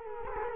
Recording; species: mosquito wingbeat signal from an infrared sensor; Culex quinquefasciatus